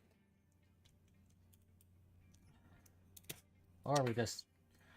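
Plastic parts of an MG Gelgoog model kit are handled, partly unclipped and pushed toward their mating part, making faint small ticks and a louder snap-like tap around 3.2–3.3 seconds. Someone talks near the end. The part has not seated or clicked home yet.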